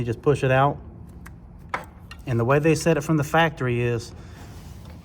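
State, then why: Released. Someone talks, then pushes the plastic locking clip out of a transmission kickdown (TV) cable adjuster to free the self-adjuster, and it pops out with a sharp tick at 1.7 seconds. Fainter ticks come just before and after, and then the talking resumes.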